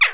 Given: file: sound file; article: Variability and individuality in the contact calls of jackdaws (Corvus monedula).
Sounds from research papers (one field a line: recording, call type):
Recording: jackdaw call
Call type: harmonic